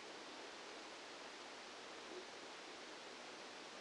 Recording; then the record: brain microelectrode recording played as sound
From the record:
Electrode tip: outside the subthalamic nucleus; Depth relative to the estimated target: -10 mm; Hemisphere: left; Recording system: NeuroSet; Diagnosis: Parkinson's disease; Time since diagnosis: 8 years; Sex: male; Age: 65 years